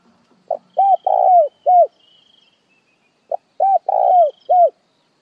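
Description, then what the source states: Spotted dove giving two soft rolling four-note coo phrases separated by a short silence, with a thin faint buzz high above. Dove calling the flock.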